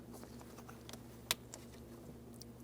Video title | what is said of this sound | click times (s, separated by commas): How to Replace Multi-Purpose Relay 2003-2008 Toyota Matrix | After you've heard that audible click, go ahead and give it a wiggle. | 1.3 s